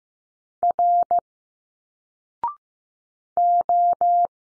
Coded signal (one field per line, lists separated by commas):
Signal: Morse code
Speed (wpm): 15 wpm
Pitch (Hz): 700 Hz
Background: none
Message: R O